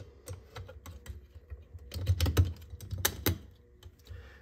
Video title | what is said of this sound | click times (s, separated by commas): Lampi Utility 15watt Preheat Fluorescent Light Fixture | that clicks into place | 3.0 s